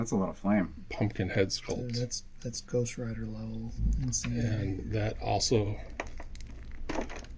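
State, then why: Seated. A large plastic flaming pumpkin-head accessory is fitted into the holding hand of a Four Horsemen Studios Headless Horseman action figure while someone talks. It pops in with a short click at 6.9 seconds, and the accessory seats in the hand.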